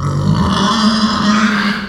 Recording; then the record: squeal of a Yucatan mini pig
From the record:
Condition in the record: after surgery on the right vocal fold (resection and tissue-engineered implant); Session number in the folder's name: 16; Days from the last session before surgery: 183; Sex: female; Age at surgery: 19 weeks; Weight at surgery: 25 kg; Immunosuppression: prednisolone